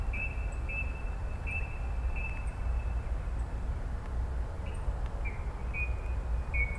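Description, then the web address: Brown-cheeked rail giving a few spaced, clipped high notes, pausing, then resuming with several more, over a low droning background. "koe kuina"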